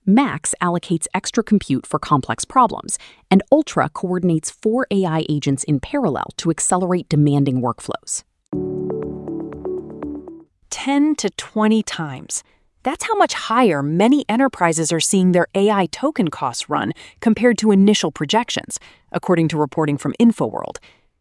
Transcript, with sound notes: max allocates extra compute for complex problems, and ultra coordinates four AI agents in parallel to accelerate demanding workflows.
[with emphasis] 10 to 20 times. That’s how much higher many enterprises are seeing their AI token costs run compared to initial projections, according to reporting from InfoWorld.